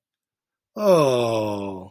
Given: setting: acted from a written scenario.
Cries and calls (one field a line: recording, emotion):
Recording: vocal sound without words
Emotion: adoration